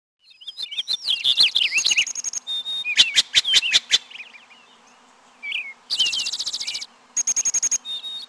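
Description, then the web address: Bird singing a busy mix of sharp clicks, slurred whistles and buzzy trills, with a steady pure whistle and rapid stuttered bursts near the end. North America. "Peterson North American Birds. haur"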